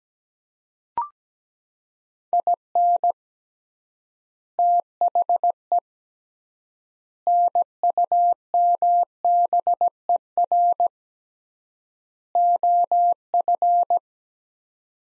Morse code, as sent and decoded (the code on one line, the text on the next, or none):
.. -. / - .... . / -. ..- -- -... . .-. / --- ..-.
IN THE NUMBER OF